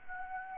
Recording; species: mosquito wingbeat signal from an infrared sensor; Anopheles gambiae